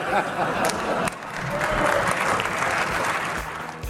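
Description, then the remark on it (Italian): A large audience in the European Parliament claps during a speech by Farage, a dense, sustained wash of applause that holds a fairly even level for a few seconds before easing slightly toward the end. “That's the last time you are applauding here.”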